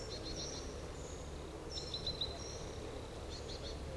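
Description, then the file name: Eurasian blue tit giving high, thin calls in quick little clusters of three or four notes, with longer drawn notes between, against a constant low background rumble. "Cyanistes caeruleus"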